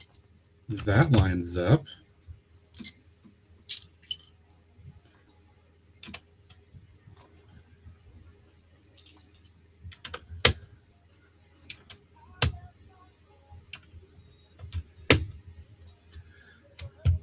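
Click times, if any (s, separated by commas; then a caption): 4.1 s, 10.4 s, 12.4 s, 15.1 s. Plastic LEGO building bricks are lined up and pressed onto the studs of a baseplate or other bricks while someone builds a MOC, and someone talks briefly near the start. Sharp clicks ring out at 4.1, 10.5, 12.4 and 15.1 seconds as the bricks seat, with softer handling taps in between.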